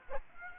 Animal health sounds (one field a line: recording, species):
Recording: mosquito wingbeat signal from an infrared sensor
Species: Aedes aegypti